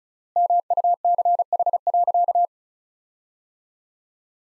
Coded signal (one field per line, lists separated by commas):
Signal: Morse code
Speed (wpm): 36 wpm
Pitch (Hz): 700 Hz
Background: none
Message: MUCH.